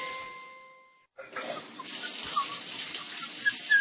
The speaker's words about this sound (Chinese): 咱北京啊，是个缺水的城市，看见有那个水龙头不关的，哗哗流的，心疼啊！